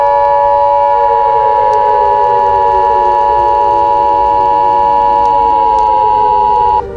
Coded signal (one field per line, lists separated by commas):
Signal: Emergency Alert System (SAME) tones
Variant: 853 and 960 Hz attention tone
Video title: EAS Scenario Nemesis